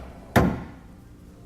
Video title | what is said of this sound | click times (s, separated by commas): etrailer - DIY 2015 Smart fortwo Installation for the Roadmaster EZ Base Plate Kit | Simply slide in, twist, locked into place, | 0.4 s